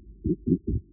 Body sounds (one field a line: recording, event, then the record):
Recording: neck accelerometer signal played as sound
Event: voluntary cough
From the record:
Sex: male